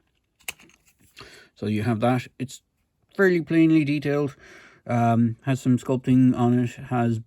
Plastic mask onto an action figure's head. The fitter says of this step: it will connect in behind the jaw and just snap into place.